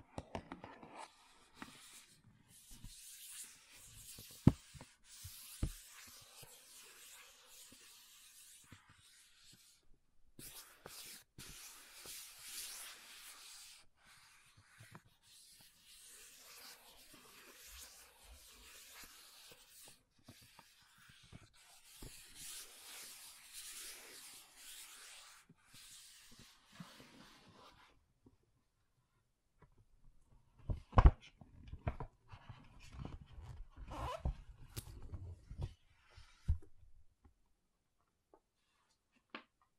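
Makeup tapping and scratching: soft, steady scratchy rubbing for most of the clip, then louder, uneven taps and knocks near the end.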